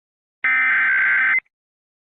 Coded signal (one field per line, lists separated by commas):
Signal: Emergency Alert System (SAME) tones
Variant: header bursts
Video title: EAS Remake: Please stop flushing toilets but what if they use old paul?